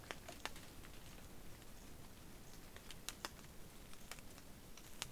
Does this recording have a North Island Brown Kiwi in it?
no